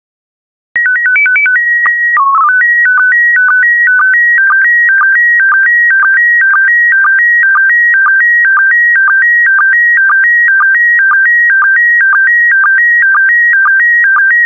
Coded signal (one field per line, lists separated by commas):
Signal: SSTV (slow-scan television)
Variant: PD 120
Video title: 116078 France SSTV PD120